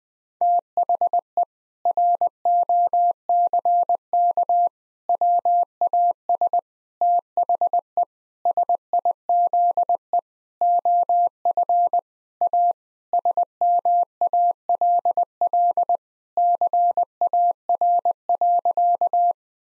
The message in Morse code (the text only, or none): THE ROCK WAS THE SIZE OF A SMALL CAR.